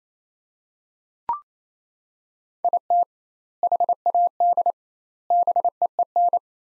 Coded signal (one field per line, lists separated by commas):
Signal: Morse code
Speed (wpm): 28 wpm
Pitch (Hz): 700 Hz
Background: none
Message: IT HAD BEEN